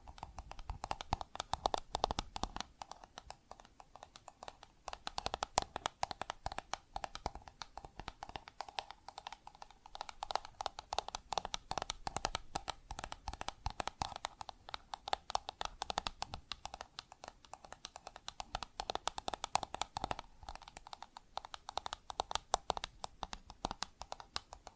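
Plastic objects are tapped and scratched in a dense, irregular stream of sharp clicks and scrapes running steadily for the whole twenty-five seconds.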